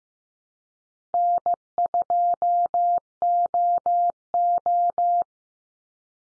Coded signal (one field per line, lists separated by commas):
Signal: Morse code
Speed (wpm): 15 wpm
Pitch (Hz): 700 Hz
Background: none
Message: N2OO